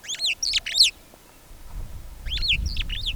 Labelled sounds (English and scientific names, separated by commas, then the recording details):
Superb Starling (Lamprotornis superbus) flight call
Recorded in Kenya